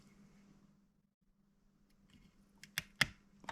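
While repairing a first-generation PS3 Sixaxis controller, the analog stick assembly is pressed down onto the potentiometers. After a quiet stretch, sharp clicks ring out at 2.8 s and 3.0 s as the stick mechanism snaps into place. The click means it has seated and everything is okay.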